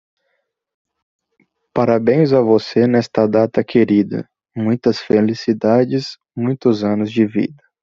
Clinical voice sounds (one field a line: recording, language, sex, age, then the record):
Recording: short text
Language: Brazilian Portuguese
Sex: male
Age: 20 to 29 years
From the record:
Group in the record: control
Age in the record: 24 years